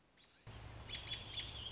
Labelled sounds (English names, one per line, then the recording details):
American Robin
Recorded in Sonoma County, California